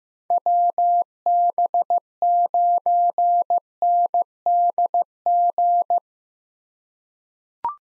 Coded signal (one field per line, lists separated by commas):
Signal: Morse code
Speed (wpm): 15 wpm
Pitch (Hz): 700 Hz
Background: none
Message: WB9NDG